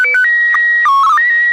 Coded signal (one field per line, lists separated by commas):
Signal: SSTV (slow-scan television)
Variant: PD 120